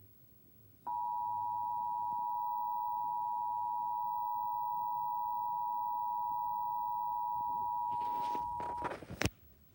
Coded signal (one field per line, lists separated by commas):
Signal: Emergency Alert System (SAME) tones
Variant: 853 and 960 Hz attention tone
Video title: 11/27/19 emergency alert system CBS channel 2